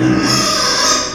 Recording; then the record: squeal of a Yucatan mini pig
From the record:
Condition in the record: before surgery on the right vocal fold (resection and tissue-engineered implant); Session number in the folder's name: 1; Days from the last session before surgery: -3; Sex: male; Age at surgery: 12 weeks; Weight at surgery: 13 kg